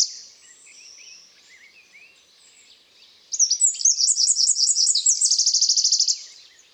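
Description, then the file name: Eurasian wren: a few seconds of quiet with faint high sounds, then one forceful song of rapid shrill notes closing with a fast, buzzy trill. "Troglodytes troglodytes"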